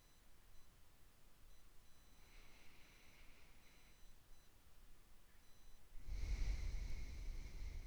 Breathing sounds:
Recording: nose breathing near a microphone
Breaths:
1.99-4.40 s: inhalation
6.03-7.87 s: exhalation
From the record:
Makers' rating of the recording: medium

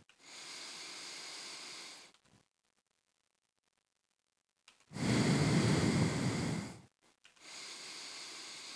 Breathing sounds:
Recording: nose breathing near a microphone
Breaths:
0.06-2.11 s: inhalation
4.66-7.21 s: exhalation
7.21-8.76 s: inhalation
From the record:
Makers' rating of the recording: medium

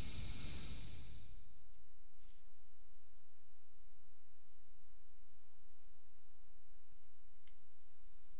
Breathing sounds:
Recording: nose breathing near a microphone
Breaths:
0.00-1.65 s: exhalation
7.45-8.40 s: inhalation
From the record:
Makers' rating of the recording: medium

